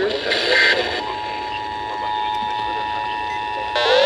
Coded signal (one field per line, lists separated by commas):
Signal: Emergency Alert System (SAME) tones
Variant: 853 and 960 Hz attention tone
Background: speech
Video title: svr2 on 7 (8/17/24) EAS 2581-2587